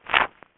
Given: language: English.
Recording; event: throat vibration sensor signal played as sound; swallow